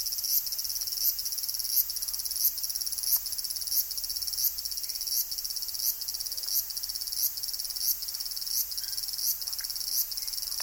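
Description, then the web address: Cicada chorus, continuous shrill buzzing with rhythmic surges about every two-thirds of a second, cicadas calling together without pause. Summer insect ambience in Tokyo; cicadas; stereo loop. "Sound Effects-Foundation 1 AMBIENCE TOKYO SUMMER INSECTS CICADAS"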